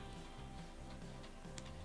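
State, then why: Seated. A small plastic heel peg is pressed onto a fashion doll's leg over steady background music, and a single faint, sharp click sounds at 1.6 s. The peg clips into the foot and is seated.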